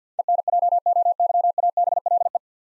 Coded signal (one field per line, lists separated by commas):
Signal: Morse code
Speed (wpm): 50 wpm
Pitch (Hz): 700 Hz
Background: none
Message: ENJOYABLE